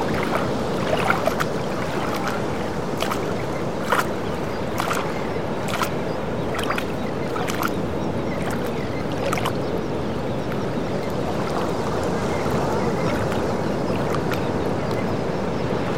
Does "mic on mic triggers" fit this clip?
no